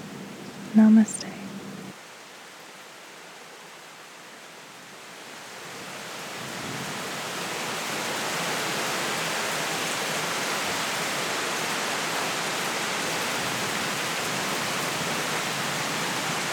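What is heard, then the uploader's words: A brief low tone and a sharp click open the recording, then rain sets in as a soft hiss that slowly thickens over the first eight seconds. From there the rainfall holds steady and dense, a fine even wash with no distinct drops or thunder. The soothing sounds of a summer storm.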